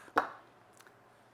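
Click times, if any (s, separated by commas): 0.2 s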